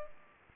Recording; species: mosquito wingbeat signal from an infrared sensor; Culex pipiens